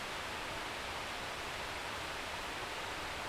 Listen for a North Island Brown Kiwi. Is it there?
no